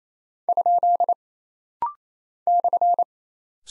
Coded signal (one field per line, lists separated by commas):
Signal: Morse code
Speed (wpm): 28 wpm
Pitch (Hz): 700 Hz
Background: none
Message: ? /